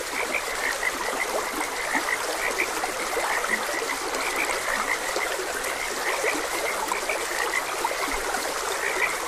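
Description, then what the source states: Frogs croaking in a steady chorus of short, bright repeated notes over the constant hiss and trickle of running water. Frogs croaking beside a gentle stream.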